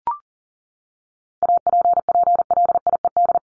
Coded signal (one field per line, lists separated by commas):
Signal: Morse code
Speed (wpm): 40 wpm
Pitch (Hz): 700 Hz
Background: none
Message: APPLIED